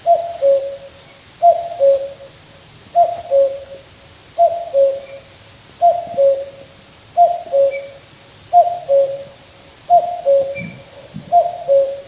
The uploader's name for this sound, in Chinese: 来自芬兰一个夏天的夜晚，布谷鸟在河边清脆的叫声